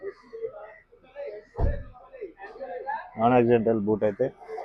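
The boot lid of a 2019 Innova Crysta 2.4V manual is lowered gently toward the body striker during a used-car walkaround, so the tailgate latch can pull it shut and lock on its own without being slammed. Someone talks throughout, with a brief low thud around 1.6 s. The clip ends before the lid is pulled home, and nothing has seated or clicked yet.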